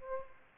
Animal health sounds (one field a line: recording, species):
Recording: mosquito wingbeat signal from an infrared sensor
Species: Aedes aegypti